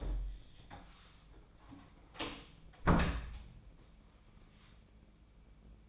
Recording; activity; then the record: daily activity, microphone in the room; close door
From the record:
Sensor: 1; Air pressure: 1012.4 hPa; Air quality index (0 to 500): 166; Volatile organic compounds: 3 ppm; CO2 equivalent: 1360 ppm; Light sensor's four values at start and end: 577/1355/598/720 and 581/1363/602/725